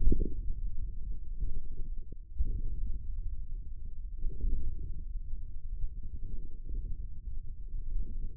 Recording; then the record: forearm muscle sounds (acoustic myography)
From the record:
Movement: radial deviation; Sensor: system 1, eight BSWA MPA416 microphones around the upper forearm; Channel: 5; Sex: male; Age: 54 years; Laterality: right